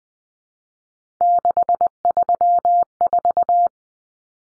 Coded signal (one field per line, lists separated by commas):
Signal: Morse code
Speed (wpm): 20 wpm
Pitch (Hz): 700 Hz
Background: none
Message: 634